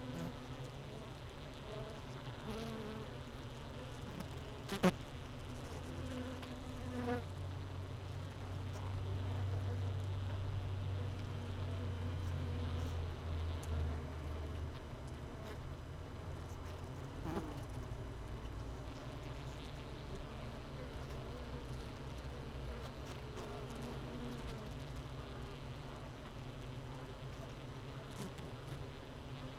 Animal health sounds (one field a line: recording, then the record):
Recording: honeybee colony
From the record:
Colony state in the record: missing queen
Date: 31 May 2018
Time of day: 17:04